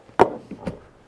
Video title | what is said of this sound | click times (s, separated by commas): 2025 Nissan Armada - 17 THINGS YOU SHOULD KNOW | there's a very satisfying click like weirdly satisfying click | 0.2 s